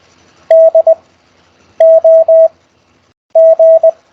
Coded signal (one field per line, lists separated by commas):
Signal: Morse code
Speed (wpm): 20 wpm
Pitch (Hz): 650 Hz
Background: none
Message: DOG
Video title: CW Morse Code QSO Practice Over Skype Week Eight